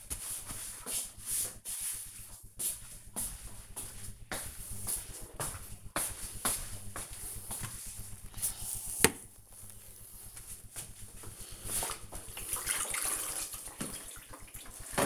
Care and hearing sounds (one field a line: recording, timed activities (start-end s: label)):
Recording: household activities, microphone on the right wrist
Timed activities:
none